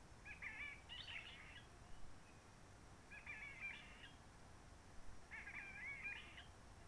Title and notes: Roche Merveilleuse, Réunion - Merle de lîle de la Réunion. depuis le 19 mars 2020 c'est calme même quand il fait beau